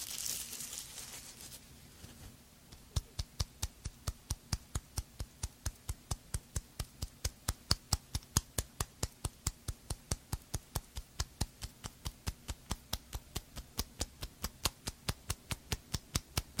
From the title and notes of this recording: Doing Your Night Skincare Fast & Aggressive (layered sound, tapping, hair brushing, no talking).